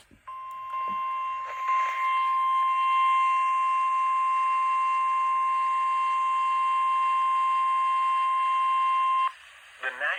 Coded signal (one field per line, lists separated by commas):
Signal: Emergency Alert System (SAME) tones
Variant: 1050 Hz attention tone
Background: speech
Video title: EAS 169 (SVA #15)